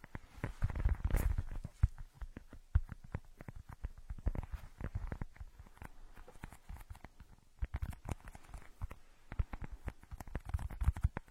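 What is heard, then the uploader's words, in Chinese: Ear picking, a dense, irregular run of scratchy clicks and rustles, with heavier bursts of low rubbing near the start and around eight seconds. 抠耳朵催眠。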